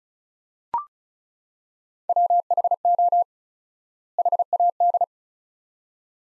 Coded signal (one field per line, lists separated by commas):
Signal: Morse code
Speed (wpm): 36 wpm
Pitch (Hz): 700 Hz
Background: none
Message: WHO HAD